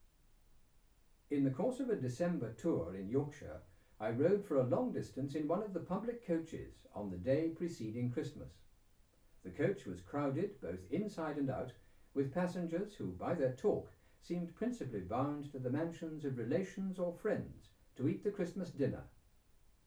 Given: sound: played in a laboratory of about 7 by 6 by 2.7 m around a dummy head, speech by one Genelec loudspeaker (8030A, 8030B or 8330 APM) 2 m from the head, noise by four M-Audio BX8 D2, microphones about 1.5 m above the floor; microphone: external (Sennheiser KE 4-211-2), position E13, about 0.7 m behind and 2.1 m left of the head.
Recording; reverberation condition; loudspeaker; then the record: male speech in English; low; behind (180 degrees)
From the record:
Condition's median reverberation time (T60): about 310 ms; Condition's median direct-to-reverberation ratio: about 3.5 dB